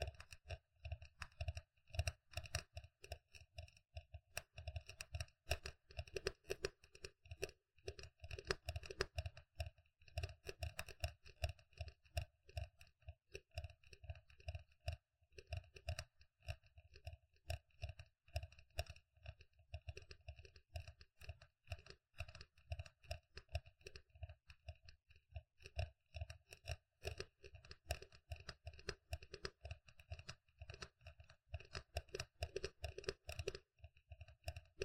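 Tapping runs in rapid, irregular bursts for the whole stretch, dense clicky strikes with a thick low thud beneath, pausing only briefly now and then.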